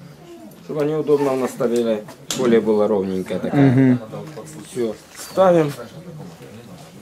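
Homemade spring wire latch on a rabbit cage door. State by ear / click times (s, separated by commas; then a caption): not seated / none. A homemade bent wire spring latch for a rabbit cage door is adjusted with flat-nose pliers and made ready to fit onto the door while someone talks throughout. Nothing has seated or clicked yet.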